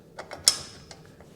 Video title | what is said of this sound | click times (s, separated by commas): Craftsman Garage Door Opener Assembly - How To Install A Garage Door Opener | there you go put this ring in through the hole here that locks into place | 0.5 s